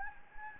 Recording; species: mosquito wingbeat signal from an infrared sensor; Anopheles gambiae